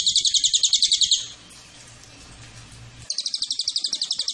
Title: MASTERAN SUARA BURUNG CILILIN BISA JUGA PANCINGAN CILILIN